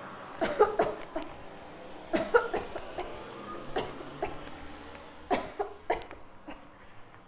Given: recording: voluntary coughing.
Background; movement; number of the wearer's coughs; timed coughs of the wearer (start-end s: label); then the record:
traffic; walking; 11
0.38-0.76 s: cough
0.76-0.97 s: cough
1.13-1.35 s: cough
2.11-2.51 s: cough
2.51-2.83 s: cough
2.96-3.16 s: cough
3.73-4.08 s: cough
4.20-4.36 s: cough
5.28-5.67 s: cough
5.87-6.25 s: cough
6.40-6.70 s: cough
From the record:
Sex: female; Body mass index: 18.8 kg/m2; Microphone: on the chest, facing outward